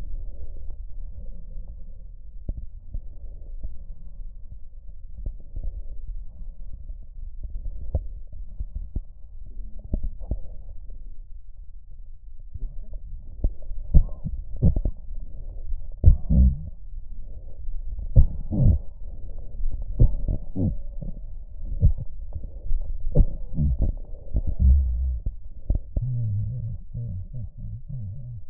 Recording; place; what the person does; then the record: lung sounds by stethoscope; right posterior basal chest; quiet breathing, then cough and speech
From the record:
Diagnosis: pulmonary infection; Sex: male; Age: 69 years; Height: 184 cm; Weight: 115 kg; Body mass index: 34.0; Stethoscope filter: extended mode